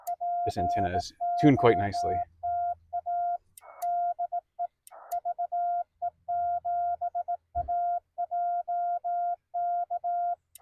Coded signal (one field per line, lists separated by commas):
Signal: Morse code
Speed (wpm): 18 wpm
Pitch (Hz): 700 Hz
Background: speech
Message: POTA DE VE7AJK